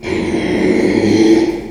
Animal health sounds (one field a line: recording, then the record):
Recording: squeal of a Yucatan mini pig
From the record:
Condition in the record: after surgery on the right vocal fold (resection and tissue-engineered implant)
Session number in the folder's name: 2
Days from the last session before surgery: 13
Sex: male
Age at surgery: 12 weeks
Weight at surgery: 13 kg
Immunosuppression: cyclosporine, prednisolone